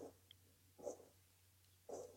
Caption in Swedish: Jag har en förkyld kiss. Det är den äldre. Han är kanske lite snuva. Han har lite hosta här.